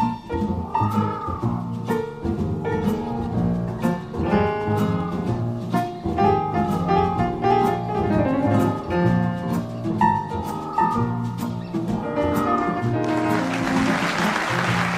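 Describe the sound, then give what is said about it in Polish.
A live song with singing and instruments plays, and in the final couple of seconds a burst of audience applause breaks out, a dense, crackling wash of clapping. “To były oklaski i my też się przyłączamy do tych oklasków”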